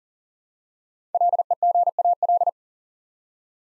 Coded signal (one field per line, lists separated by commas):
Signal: Morse code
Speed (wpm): 40 wpm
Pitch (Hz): 700 Hz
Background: none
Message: LEGAL